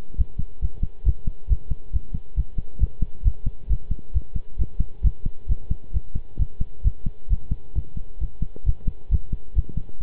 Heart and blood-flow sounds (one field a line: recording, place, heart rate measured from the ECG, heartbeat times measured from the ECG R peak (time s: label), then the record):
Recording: heart sounds by stethoscope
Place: between the tricuspid and mitral areas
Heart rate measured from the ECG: 134 bpm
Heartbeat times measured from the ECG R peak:
0.18 s: heartbeat
0.61 s: heartbeat
1.05 s: heartbeat
1.49 s: heartbeat
1.93 s: heartbeat
2.36 s: heartbeat
2.80 s: heartbeat
3.24 s: heartbeat
3.69 s: heartbeat
4.14 s: heartbeat
4.58 s: heartbeat
5.03 s: heartbeat
5.49 s: heartbeat
5.94 s: heartbeat
6.39 s: heartbeat
6.84 s: heartbeat
7.30 s: heartbeat
7.75 s: heartbeat
8.21 s: heartbeat
8.66 s: heartbeat
9.11 s: heartbeat
9.56 s: heartbeat
10.00 s: heartbeat
From the record:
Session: pedaling a stationary bicycle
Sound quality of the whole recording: good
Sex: male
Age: 23 years